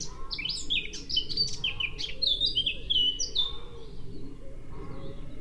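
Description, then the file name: Eurasian blackcap song, quick twittering notes that settle into a few clearer whistled notes, over a low rushing background. "Sylvia atricapilla"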